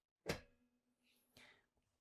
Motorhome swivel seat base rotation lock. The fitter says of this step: and it will, you can hear it lock. It'll lock back into the forward position.